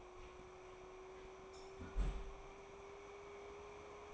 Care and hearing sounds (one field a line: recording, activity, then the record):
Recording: daily activity, microphone in the room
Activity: close fridge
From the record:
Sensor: 1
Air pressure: 1004.6 hPa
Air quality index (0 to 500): 193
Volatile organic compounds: 16 ppm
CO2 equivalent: 2560 ppm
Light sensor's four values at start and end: 4/10/4/4 and 4/10/4/4